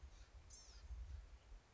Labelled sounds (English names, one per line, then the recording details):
Blue-gray Gnatcatcher
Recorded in Sonoma County, California